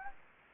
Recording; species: mosquito wingbeat signal from an infrared sensor; Anopheles gambiae